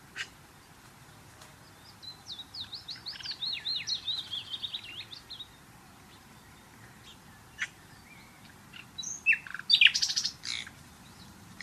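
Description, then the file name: Common nightingale song: a quiet run of rapid, varied chirping notes, then a pause and a louder burst of sharp, scratchy notes near the end. "Luscinia megarhynchos"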